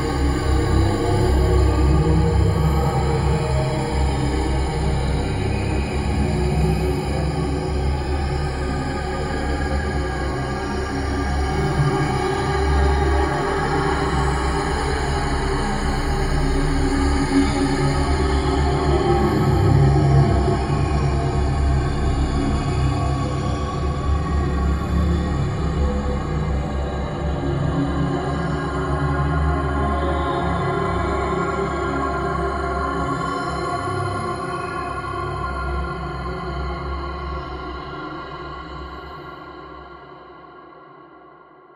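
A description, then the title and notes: A dense, steady alien sci-fi drone of deep rumble and layered humming tones, with faint high whines above, fading out over the last seconds. Alien SciFi soundscape made with 4 subscription presets/4 instances of Kaleidoscope, input source is a mixture of different noise types.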